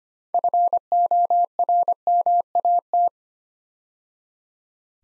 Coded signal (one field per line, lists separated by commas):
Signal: Morse code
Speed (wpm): 25 wpm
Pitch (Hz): 700 Hz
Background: none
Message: FORMAT